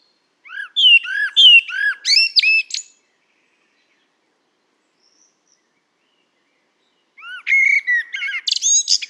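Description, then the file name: Common blackbird singing two phrases several seconds apart, each of mellow arched whistles followed by a thin, jumbled high flourish; otherwise silent. "Turdus merula"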